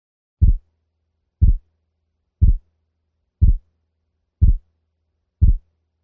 Using a heart rate of 60 beats per minute splitting of 0.04 seconds.